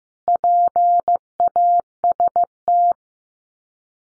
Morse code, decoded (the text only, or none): PAST